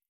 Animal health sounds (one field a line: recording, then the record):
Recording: hydrophone in a shrimp aquaculture tank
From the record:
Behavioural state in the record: feeding